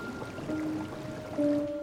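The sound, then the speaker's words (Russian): Jacuzzi water bubbles and churns steadily while a woman sits in it holding a book over the water, with a low motor-like hum running underneath that swells slightly louder toward the end. “миссис Тёрнер сидит в джакузи. Держит над бурлящей водой книгу”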